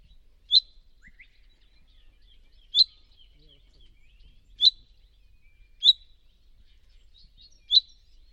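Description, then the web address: Bird calling with five short, bright, high-pitched chirps at irregular intervals, with faint softer notes between them. "cianscape birddata 2025 Bird Only"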